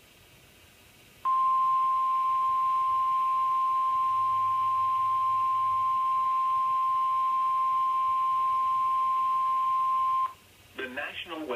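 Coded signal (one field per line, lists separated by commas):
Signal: Emergency Alert System (SAME) tones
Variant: 1050 Hz attention tone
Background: speech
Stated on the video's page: EAS alerts from LWX, mostly captured from Hagerstown and Baltimore, Maryland.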